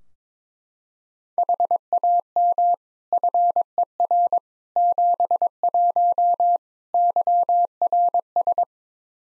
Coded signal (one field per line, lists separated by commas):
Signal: Morse code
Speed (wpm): 22 wpm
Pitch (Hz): 700 Hz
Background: none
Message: HAM FER 71 YRS